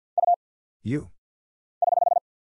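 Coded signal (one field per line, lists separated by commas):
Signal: Morse code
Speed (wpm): 50 wpm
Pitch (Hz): 700 Hz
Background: none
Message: U <HH>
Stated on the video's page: Single-character Morse drill at 50 wpm of letters, numbers, punctuation and prosigns, each sent twice with very short gap before spoken answer.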